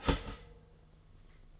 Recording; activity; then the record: daily activity, microphone in the room; start toaster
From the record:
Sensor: 4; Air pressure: 1015.5 hPa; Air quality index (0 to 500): 198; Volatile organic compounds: 10 ppm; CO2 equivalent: 2212 ppm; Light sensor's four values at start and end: 4/8/3/3 and 4/8/3/3